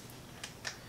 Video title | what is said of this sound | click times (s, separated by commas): Ryobi power scrubbers review and test [WOW] | so then it locks into place so it's not a hex head to where it could | 0.4 s, 0.7 s